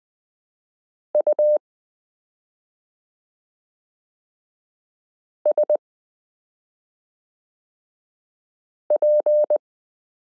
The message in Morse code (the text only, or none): USP